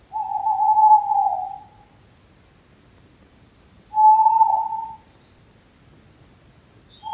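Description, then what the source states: Owl giving long, level whistled notes repeated roughly every four seconds against quiet low background noise. May 2023.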